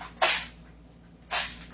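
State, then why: Not seated. On a second try, an M4 airsoft magazine is pushed into the rifle's magazine well. Two broad, hissy bursts sound at about 0.2 s and 1.3 s, and a short sharp hit comes at 1.7 s. The magazine has not locked into place.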